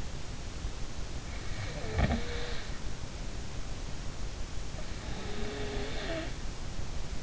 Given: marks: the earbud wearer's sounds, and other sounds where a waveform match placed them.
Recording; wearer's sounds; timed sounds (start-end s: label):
sounds in sleep by an in-ear microphone; snoring breath
1.59-2.59 s: snoring breath
5.18-6.37 s: snoring breath